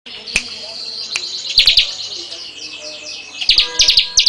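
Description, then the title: Bar-winged prinia chirping in short clusters of high, sharp notes over a continuous buzzy, hissing background with scattered clicks. "Suara Burung Ciblek"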